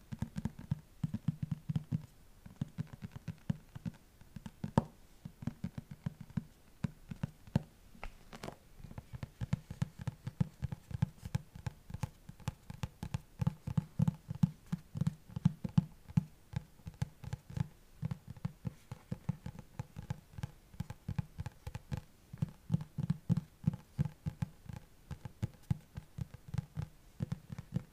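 Fingers tap on a book cover in quick, uneven runs for the whole stretch, making dull, low thuds that bunch into bursts with brief gaps between. A few sharper clicks stand out, around five and eight seconds, over a faint steady hiss.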